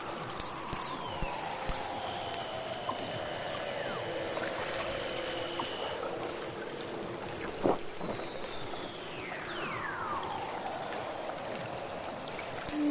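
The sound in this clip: Weddell seal underwater calls: eerie whistles sweep steeply downward, one long glide dropping far in pitch near the end, amid overlapping tones, a sharp knock and steady clicking.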